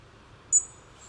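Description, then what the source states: European robin giving a single sharp, very high tick. Small clicking tick calls of a robin, Bois de Vincennes, eastern Paris, weekday autumn morning with commuter traffic rumble.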